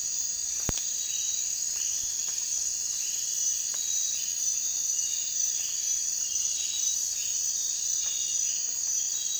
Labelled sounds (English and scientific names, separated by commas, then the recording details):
none
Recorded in dense forest near Puerto Asís, Putumayo, Colombia, on 19 June 2025 at 02:30
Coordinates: 0.466, -76.327
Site GP04